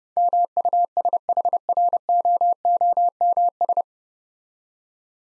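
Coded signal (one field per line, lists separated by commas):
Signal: Morse code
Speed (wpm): 30 wpm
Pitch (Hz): 700 Hz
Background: none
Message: MUSHROOMS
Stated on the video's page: Morse code practice drill of difficult words with context hints at 30 wpm.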